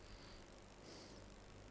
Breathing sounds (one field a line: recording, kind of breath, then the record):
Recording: one breath in and out by a microphone near the nose and mouth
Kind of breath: normal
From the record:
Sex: male